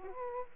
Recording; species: mosquito wingbeat signal from an infrared sensor; Aedes aegypti